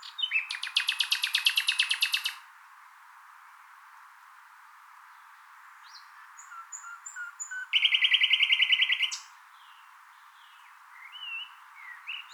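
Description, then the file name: Common nightingale song: two loud bursts of rapid, evenly repeated notes, separated by soft high whistles and short slurred notes. "Luscinia megarhynchos"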